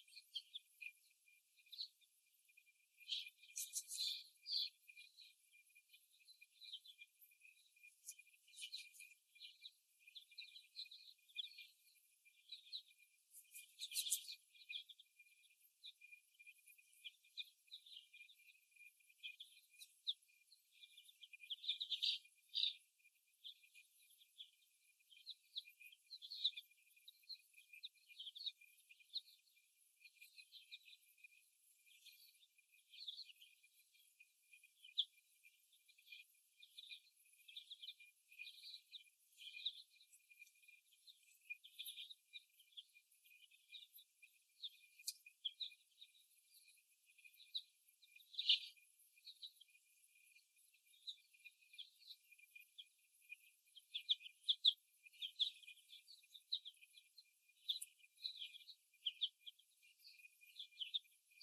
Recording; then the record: young laying hens in a cage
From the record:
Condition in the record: after the stressor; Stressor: simulated dog barking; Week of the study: 1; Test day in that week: 1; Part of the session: 4